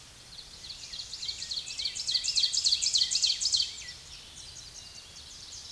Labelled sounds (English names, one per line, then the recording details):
Ovenbird song
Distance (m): 10 m
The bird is about 5 m above the microphone
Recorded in a Pennsylvania forest on 16 May 2024 at 07:17
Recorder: AudioMoth, point MSD-2376
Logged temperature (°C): 16.7 °C
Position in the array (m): 147 m, 5 m